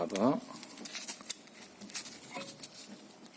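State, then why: Seated. A wire connector is pushed onto the alternator wiring, reconnecting two wires while an alternator is being installed on an English taxi. After brief speech and some soft handling noises, the connector snaps home with a sharp click at 1.3 s. It is seated, clipped in and holding.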